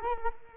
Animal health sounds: mosquito wingbeat signal from an infrared sensor; Culex quinquefasciatus

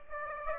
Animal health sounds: mosquito wingbeat signal from an infrared sensor; Aedes aegypti

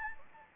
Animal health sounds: mosquito wingbeat signal from an infrared sensor; Anopheles gambiae

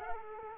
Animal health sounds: mosquito wingbeat signal from an infrared sensor; Culex quinquefasciatus

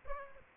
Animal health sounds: mosquito wingbeat signal from an infrared sensor; Aedes aegypti

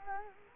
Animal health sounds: mosquito wingbeat signal from an infrared sensor; Culex quinquefasciatus

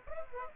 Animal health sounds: mosquito wingbeat signal from an infrared sensor; Aedes aegypti

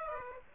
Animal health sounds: mosquito wingbeat signal from an infrared sensor; Aedes aegypti

